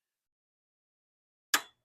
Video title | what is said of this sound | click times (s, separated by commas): 2004 Toyota Sienna timing belt, water pump, spark plugs, valve cover gaskets & more video 4 of 8 | and when you hear that click you know you're good okay so | 1.5 s